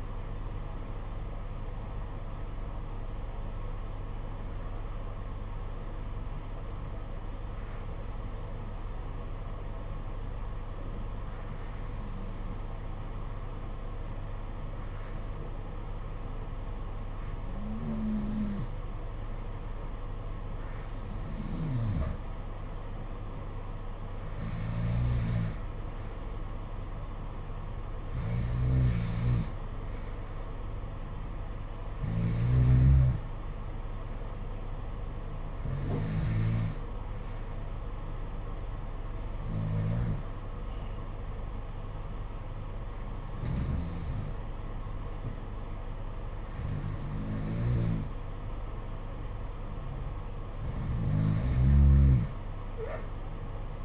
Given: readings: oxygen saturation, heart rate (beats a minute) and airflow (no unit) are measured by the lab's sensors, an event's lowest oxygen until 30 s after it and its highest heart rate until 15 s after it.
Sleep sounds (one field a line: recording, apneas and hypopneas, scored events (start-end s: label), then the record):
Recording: breathing in sleep by a smartphone at the bedside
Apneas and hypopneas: 1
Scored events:
5.00-24.70 s: hypopnea (N1, oxygen 93% highest, then 89% lowest, heart rate 57 at the start, 61 highest)
From the record:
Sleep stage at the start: N1 (lightest sleep)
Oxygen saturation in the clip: 89 to 93%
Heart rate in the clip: 55 to 61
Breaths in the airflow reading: 15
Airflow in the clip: -6.1 to 5.0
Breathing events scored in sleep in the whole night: 476 in 9.7 hours asleep